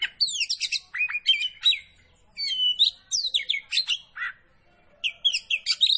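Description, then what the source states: Oriental magpie-robin pouring out varied sweeping whistles and sharp chirps in quick bursts separated by short pauses. Poci variety of kacer (magpie-robin), singing vigorously in the gacor style.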